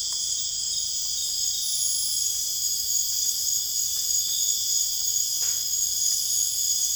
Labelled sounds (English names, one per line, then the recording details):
none
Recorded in dense forest near Puerto Asís, Putumayo, Colombia, on 21 December 2024 at 23:30
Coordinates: 0.484, -76.325
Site G056